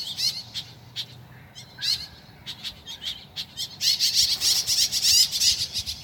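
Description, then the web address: Woodswallow calls: scattered sharp chirps that build into a dense, busy chattering chorus in the second half. "animal-sound woodswallow-sound"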